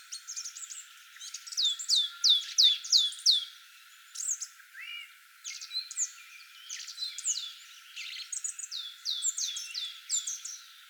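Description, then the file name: Great tit calls: several rapid series of bright, downslurred notes, with twittering and chirping throughout. "Parus major"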